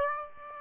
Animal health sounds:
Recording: mosquito wingbeat signal from an infrared sensor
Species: Aedes aegypti

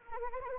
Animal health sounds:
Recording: mosquito wingbeat signal from an infrared sensor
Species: Anopheles arabiensis

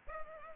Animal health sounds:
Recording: mosquito wingbeat signal from an infrared sensor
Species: Culex pipiens

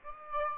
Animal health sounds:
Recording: mosquito wingbeat signal from an infrared sensor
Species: Aedes aegypti

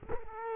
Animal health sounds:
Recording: mosquito wingbeat signal from an infrared sensor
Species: Culex quinquefasciatus

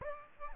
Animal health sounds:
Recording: mosquito wingbeat signal from an infrared sensor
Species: Aedes aegypti

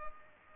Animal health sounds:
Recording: mosquito wingbeat signal from an infrared sensor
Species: Culex pipiens

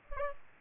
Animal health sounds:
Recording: mosquito wingbeat signal from an infrared sensor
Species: Aedes aegypti

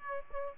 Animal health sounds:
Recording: mosquito wingbeat signal from an infrared sensor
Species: Aedes aegypti

